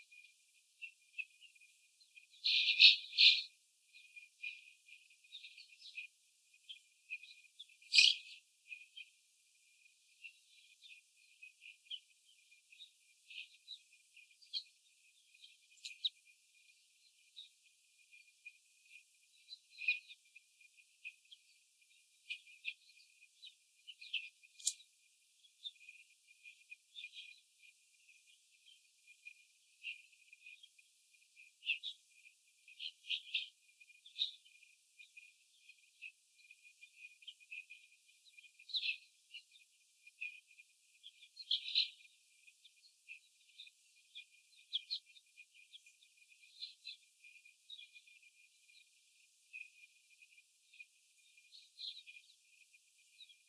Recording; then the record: young laying hens in a cage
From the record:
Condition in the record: before the stressor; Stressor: simulated dog barking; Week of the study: 4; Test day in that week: 3